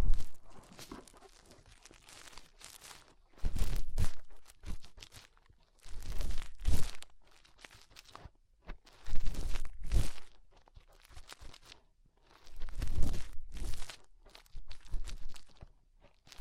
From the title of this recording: Inner Ear Cleaning Using Fingers